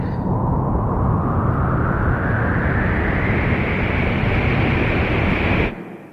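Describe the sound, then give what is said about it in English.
A rocket ship's motors roar loudly and steadily at takeoff, a dense rushing blast with a whine climbing slowly in pitch, until the motors are cut off abruptly near the end, before the ship reaches escape velocity. “Hang on the motors! Quick, get to your couch before we gain speed!”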